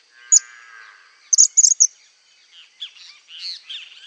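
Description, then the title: Cattle tyrant calls as high, piercing squeaks, one alone and then a tight burst of several, followed by softer chirping from other birds. "LuckyPassaro Completos2Sama. Cattle Tyrant (Machetornis rixosa)"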